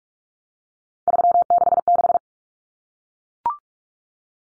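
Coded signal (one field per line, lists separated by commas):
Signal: Morse code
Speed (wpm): 44 wpm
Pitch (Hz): 700 Hz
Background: none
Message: 366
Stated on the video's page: Morse head-copy drill of three-digit numbers at 45 wpm, each number sent, spoken, then sent again.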